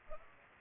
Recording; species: mosquito wingbeat signal from an infrared sensor; Culex pipiens